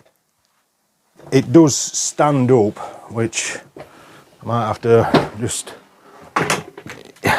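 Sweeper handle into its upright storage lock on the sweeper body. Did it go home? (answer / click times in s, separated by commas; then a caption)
yes / 6.9 s. A Ryobi R18SW3-0 debris sweeper's handle is folded up into its upright storage lock on the sweeper body while someone talks. A short clack is heard at 6.9 s as the handle locks into place, confirming it is seated upright.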